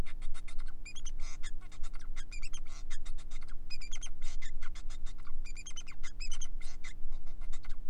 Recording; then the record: song of a male Bengalese finch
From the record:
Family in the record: son of father 4